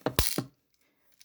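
After about 13 BBs are loaded, the BB loading slide or follower of a Daisy Powerline 340 or Colt Peacemaker BB gun is pushed back into the gun's magazine with a ratcheting mechanical clack. A lighter tap at 0.1 s is followed by the main sharp click at 0.2 s and a second rattle near 0.4 s, then faint ticks around 1.2 s. The follower is seated at 0.2 s and the gun is ready.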